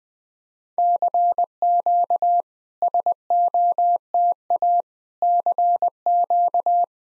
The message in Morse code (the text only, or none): CQ SOTA CQ